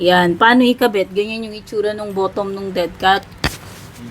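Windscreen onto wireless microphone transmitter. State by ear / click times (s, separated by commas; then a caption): not seated / none. A furry windscreen (dead cat) is being fitted onto a BOYALINK A2 wireless microphone transmitter, with its bottom twist-lock mechanism being handled. Someone talks throughout, and one short, sharp broadband tap is heard near 3.5 s. The windscreen has not yet twisted into place, and nothing has clicked or locked yet.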